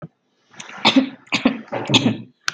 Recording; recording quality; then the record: shallow voluntary cough; excellent, no background noise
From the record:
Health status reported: healthy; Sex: female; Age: 18 years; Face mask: not worn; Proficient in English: no